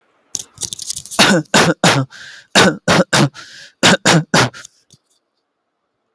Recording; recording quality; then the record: shallow voluntary cough; moderate, slight background noise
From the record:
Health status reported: healthy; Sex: male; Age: 24 years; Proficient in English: yes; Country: India